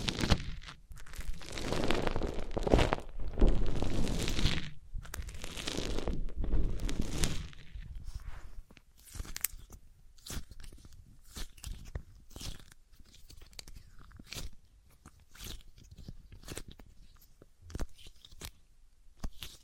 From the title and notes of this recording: ASMR Which One is MORE Tingly Wood vs Cork, Sponge vs Foam, Glass vs Plastic etc (No Talking).